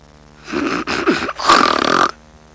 Snoring female.